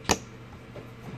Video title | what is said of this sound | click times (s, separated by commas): 1966 Ford Truck - Carb Rebuild and Bench Tune | you'll hear click and | 0.1 s